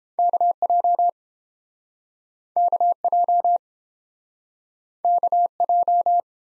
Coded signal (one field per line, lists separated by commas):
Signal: Morse code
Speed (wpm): 31 wpm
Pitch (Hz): 700 Hz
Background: none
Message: KJ KJ KJ